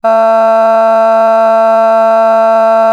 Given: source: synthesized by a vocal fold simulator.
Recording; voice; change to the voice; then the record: sustained vowel; female; a random mix of aspiration noise, stiffness perturbation and strain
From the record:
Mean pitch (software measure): 224 Hz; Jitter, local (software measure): 0.65%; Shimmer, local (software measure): 2.1%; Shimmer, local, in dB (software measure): 0.19 dB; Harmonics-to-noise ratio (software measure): 23.8 dB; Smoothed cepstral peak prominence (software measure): 19.1 dB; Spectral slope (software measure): -20.6 dB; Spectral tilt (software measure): -9.2 dB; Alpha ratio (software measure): -11.0 dB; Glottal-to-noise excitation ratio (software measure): 0.978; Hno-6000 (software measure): 2.3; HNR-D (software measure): 36.7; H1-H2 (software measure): 0.2 dB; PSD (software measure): 2.5e-05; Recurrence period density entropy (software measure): 0.130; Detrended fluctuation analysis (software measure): 0.0122